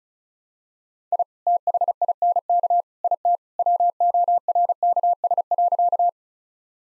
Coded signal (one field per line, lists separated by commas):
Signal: Morse code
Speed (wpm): 36 wpm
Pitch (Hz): 700 Hz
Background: none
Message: I THINK IT WORKS.